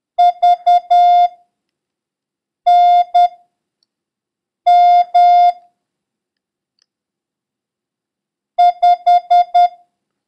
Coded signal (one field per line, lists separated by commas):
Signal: Morse code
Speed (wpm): 10 wpm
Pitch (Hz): 710 Hz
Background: music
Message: VNM5